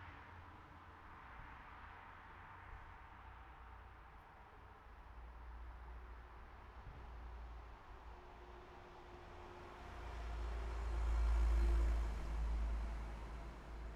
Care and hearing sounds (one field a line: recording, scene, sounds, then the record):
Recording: everyday scene through a hearing-aid microphone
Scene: in traffic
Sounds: traffic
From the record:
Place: city secondary road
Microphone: behind the ear, right, front